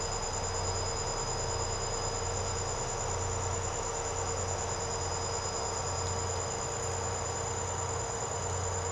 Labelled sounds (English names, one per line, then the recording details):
none
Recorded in secondary vegetation near Puerto Asís, Putumayo, Colombia, on 13 March 2025 at 07:00
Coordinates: 0.468, -76.324
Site G059